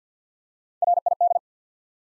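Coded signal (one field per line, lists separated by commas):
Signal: Morse code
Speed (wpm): 50 wpm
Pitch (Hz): 700 Hz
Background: none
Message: R I D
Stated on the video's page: Morse practice at 50 wpm: 3-letter words built one letter at a time for instant character recognition.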